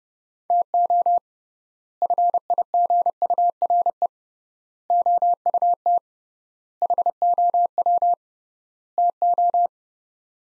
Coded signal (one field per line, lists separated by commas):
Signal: Morse code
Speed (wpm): 30 wpm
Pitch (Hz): 700 Hz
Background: none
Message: TO FIGURE OUT HOW TO